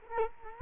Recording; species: mosquito wingbeat signal from an infrared sensor; Culex quinquefasciatus